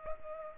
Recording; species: mosquito wingbeat signal from an infrared sensor; Culex pipiens